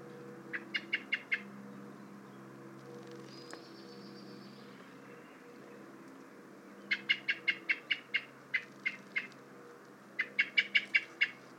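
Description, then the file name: Common blackbird calls in short bursts of several sharp, rapid clicking notes, with a long pause after the first burst and a faint low hum beneath. "Turdus merula"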